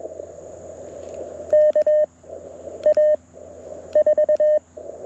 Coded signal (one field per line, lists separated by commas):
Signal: Morse code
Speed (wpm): 21 wpm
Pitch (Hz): 610 Hz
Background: none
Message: KA4